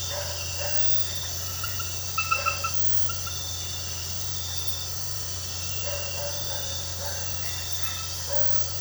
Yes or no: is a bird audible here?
no